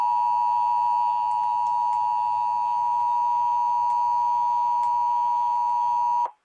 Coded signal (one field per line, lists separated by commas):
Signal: Emergency Alert System (SAME) tones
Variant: 853 and 960 Hz attention tone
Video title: Illinois Required Monthly Test on WGN-TV 6/1/2021(EAS #605)